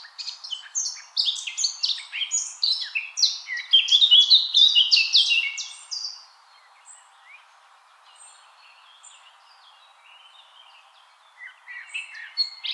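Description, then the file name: Eurasian blackcap song, a rich varied warble of quick high notes building in strength for several seconds, then falling quiet before a few soft notes return. "Sylvia atricapilla"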